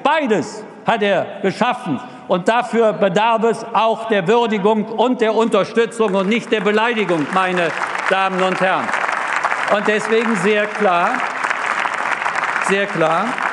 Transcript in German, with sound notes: Beides hat er geschafft, und dafür bedarf es auch der Würdigung und der Unterstützung und nicht der Beleidigung, meine Damen und Herren. (Beifall bei der SPD) Deswegen sage ich sehr klar: